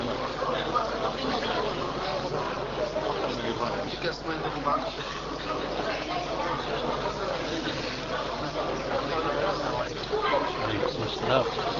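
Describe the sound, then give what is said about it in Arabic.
Audience members chat at once in a steady, overlapping murmur of voices. The babble stays at an even, moderate loudness throughout, with no single speaker standing out. “صوتكم يا اخوان صوت.”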